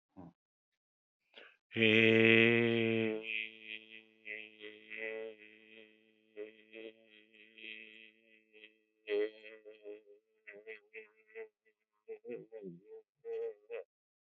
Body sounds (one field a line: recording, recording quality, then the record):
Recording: sustained vowel as in made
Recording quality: moderate, slight background noise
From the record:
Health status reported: exposed to COVID-19, no respiratory illness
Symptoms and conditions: muscle pain, hypertension, diabetes, ischaemic heart disease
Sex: male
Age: 70 years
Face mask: not worn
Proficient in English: yes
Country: India